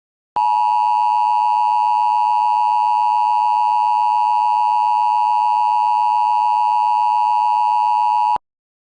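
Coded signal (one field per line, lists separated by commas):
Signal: Emergency Alert System (SAME) tones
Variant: 853 and 960 Hz attention tone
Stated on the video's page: Recreated mock of a 2018 Illinois Required Monthly Test with a VHS effect added in Audacity.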